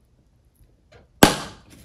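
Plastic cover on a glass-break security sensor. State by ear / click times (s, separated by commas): released / 1.2 s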